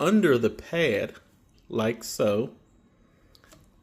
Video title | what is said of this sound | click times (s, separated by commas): Easy squeeze mop and bucket system review | And it holds the pad and snaps in place. | 3.3 s